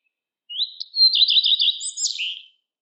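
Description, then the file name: Common redstart singing one phrase, starting with a rising whistle, then a short series of rapid repeated notes and a higher, scratchy flourish at the end. "lepalind"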